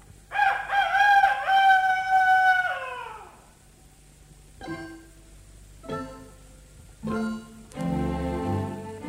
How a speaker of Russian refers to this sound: За окошком снова прокричал петух, фитилек пеньковый дрогнул и потух.